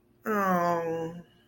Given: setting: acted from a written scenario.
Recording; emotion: vocal sound without words; sadness